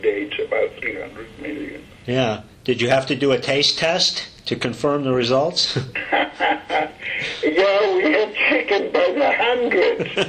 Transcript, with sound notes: It's about three hundred million.
Yeah. Did you have to do a taste test to confirm the results? [laughter]
Yeah, we had chicken by the hundreds.